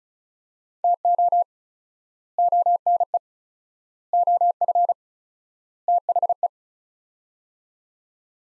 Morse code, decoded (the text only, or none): TO ONE OF THE